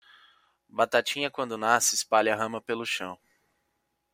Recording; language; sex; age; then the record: short text; Brazilian Portuguese; male; 20 to 29 years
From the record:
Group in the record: control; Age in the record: 23 years